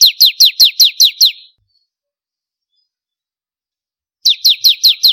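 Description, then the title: Bar-winged prinia song: a quick series of steeply falling, piercing notes, then a long pause and another rapid run starts. "Kicau Ciblek Kristal"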